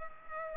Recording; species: mosquito wingbeat signal from an infrared sensor; Culex pipiens